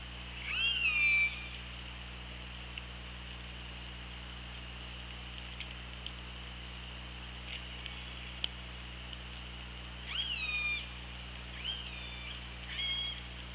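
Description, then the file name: Orca calls, a wavering cry near the start followed by two more bending, harmonic-rich calls later, over steady hiss and low hum. Recorded by OrcaLab hydrophone, underwater, on 24 August 2017 at 17:37:14. "Orca Lab UTLN JASON 20170824 173714"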